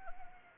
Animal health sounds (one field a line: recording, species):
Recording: mosquito wingbeat signal from an infrared sensor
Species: Anopheles arabiensis